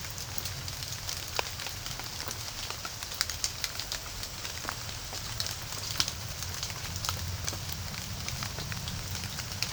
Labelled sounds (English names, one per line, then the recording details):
none
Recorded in pastures near Puerto Asís, Putumayo, Colombia, on 27 June 2025 at 17:30
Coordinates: 0.497, -76.327
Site G040